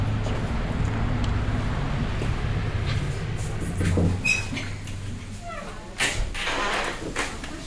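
Heavy trucks delivering sugar beets to a sugar factory, about 600 a day, rumble with a steady low engine drone, broken by a few sharp hissing bursts and clanks as the vehicles pull in one after another.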